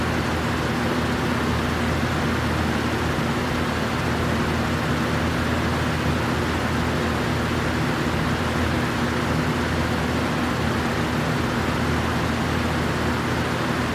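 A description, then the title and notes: A fan whirs in a steady, dense rush with a low hum beneath, unchanging throughout, even like white noise. Fan Noise (Sleep Or Study) White Noise.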